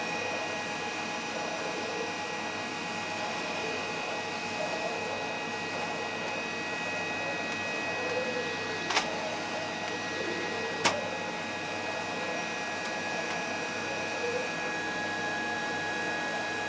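A vacuum cleaner runs at a steady drone with a whining tone on top, broken by two sharp clicks around nine and eleven seconds.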